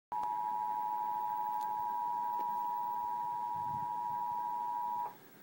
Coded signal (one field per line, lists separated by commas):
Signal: Emergency Alert System (SAME) tones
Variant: 853 and 960 Hz attention tone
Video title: REAL EAS 1019-Required monthly test